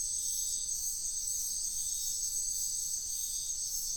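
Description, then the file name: Cricket chorus of continuous shrill, high chirping that pulses throughout. Crickets calling at night in a wetland in Sian Ka'an Biosphere Reserve. "felix blume nature ambience wetland night frogs crickets insects sian kaan biosphere reserve"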